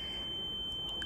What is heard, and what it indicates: This is an example of what it's like to have tinnitus.